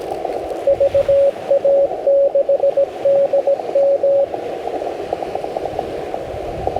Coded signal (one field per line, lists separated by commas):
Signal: Morse code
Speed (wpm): 16 wpm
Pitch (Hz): 550 Hz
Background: radio noise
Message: VA6DM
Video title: Morse code POTA in my Home Park - Logging With World Radio League!!!